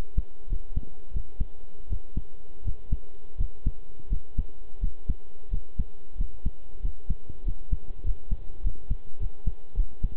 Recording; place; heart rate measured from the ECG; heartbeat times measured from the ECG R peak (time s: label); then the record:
heart sounds by stethoscope; between the tricuspid and mitral areas; 91 bpm
0.48 s: heartbeat
1.12 s: heartbeat
1.88 s: heartbeat
2.63 s: heartbeat
3.36 s: heartbeat
4.08 s: heartbeat
4.79 s: heartbeat
5.49 s: heartbeat
6.16 s: heartbeat
6.81 s: heartbeat
7.43 s: heartbeat
8.03 s: heartbeat
8.62 s: heartbeat
9.19 s: heartbeat
9.75 s: heartbeat
From the record:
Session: pedaling a stationary bicycle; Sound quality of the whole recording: good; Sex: male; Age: 23 years